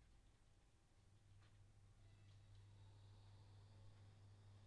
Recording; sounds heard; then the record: poultry house recording; sick chickens (respiratory disease)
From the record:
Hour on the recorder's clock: 9